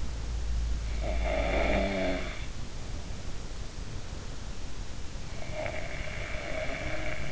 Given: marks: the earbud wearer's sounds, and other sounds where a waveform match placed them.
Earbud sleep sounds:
sounds in sleep by an in-ear microphone; snoring breath
1.08-2.45 s: snoring breath
5.47-7.32 s: snoring breath

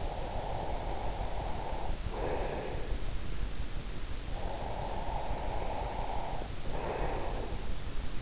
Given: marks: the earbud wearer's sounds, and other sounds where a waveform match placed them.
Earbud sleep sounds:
sounds in sleep by an in-ear microphone; breath
0.02-3.01 s: breath
4.20-8.22 s: breath

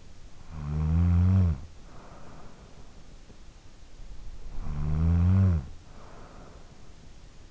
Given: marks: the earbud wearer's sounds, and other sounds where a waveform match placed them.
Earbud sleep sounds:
sounds in sleep by an in-ear microphone; snoring breath
0.00-3.01 s: snoring breath
3.99-7.09 s: snoring breath

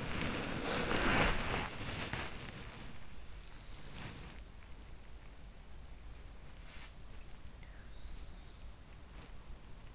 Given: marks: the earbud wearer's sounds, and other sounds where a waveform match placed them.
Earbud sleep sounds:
sounds in sleep by an in-ear microphone; body movement
0.00-2.82 s: body movement
3.74-4.42 s: body movement

